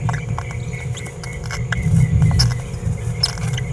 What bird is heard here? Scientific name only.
Forpus passerinus